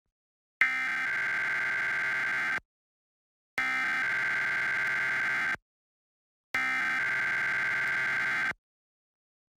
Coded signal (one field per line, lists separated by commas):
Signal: Emergency Alert System (SAME) tones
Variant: header bursts